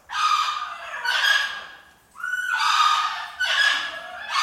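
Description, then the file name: Bird giving loud, harsh squawks in long harmonic bursts, several drawn-out calls with a brief pause in the middle. Birds in an indoor birdcage. "indoor birdcage birds"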